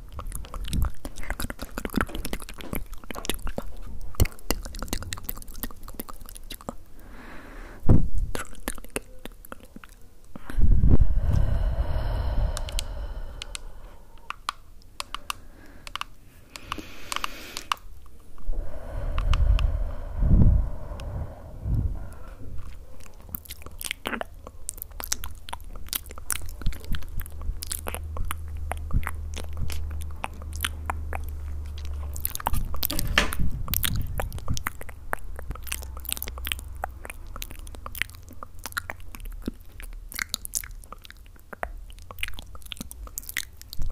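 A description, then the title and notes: Dense mouth sounds of chewing and crunching with rapid clicks throughout, a few louder bites near 11, 20 and 33 seconds. ASMR mouth sound.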